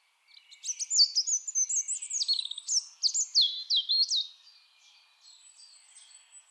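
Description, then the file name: European robin song: a rapid tumbling run of high whistles and trills, sweeping down and up, fading into faint thin notes after four seconds. "Erithacus rubecula"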